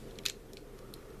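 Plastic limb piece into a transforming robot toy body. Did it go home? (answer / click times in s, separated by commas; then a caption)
no / none. A second plastic arm piece is handled against the body of a knock-off Transformers Masterpiece Rumble robot toy, giving light plastic taps and ticks with the sharpest one near 0.3 s and fainter ones around 0.2, 0.6, 0.9 and 1.2 s over a low background hum. The arm has not seated or clicked into place yet.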